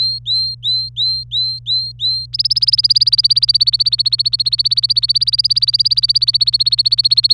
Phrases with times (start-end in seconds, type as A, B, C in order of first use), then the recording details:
0.01-2.26 A, 2.33-7.33 B. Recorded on 25 April 2018 at 17:02. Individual llb3